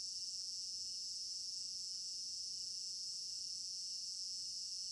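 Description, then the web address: Dense chorus of crickets trilling without pause, with several faint soft ticks scattered through. Crickets in an African village garden at night; stereo binaural recording. "African-Village Garden Night Crickets Stereo-Binaural. immersive sound library"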